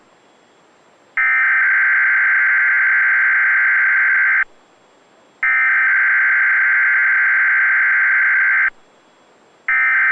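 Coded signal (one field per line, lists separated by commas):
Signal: Emergency Alert System (SAME) tones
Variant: header bursts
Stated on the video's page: Required Weekly Test from Weatheradio Canada.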